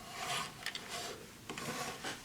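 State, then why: Not seated. A hand handles the ratcheting plastic chest unit of a transforming toy robot, pressing its release button and working the part backwards toward the next notch. Soft rubbing and rasping plastic sounds come in waves, with a few faint small ticks near 0.7 s and 1.5 s. The clip ends before the part goes home, and nothing has clicked or seated yet.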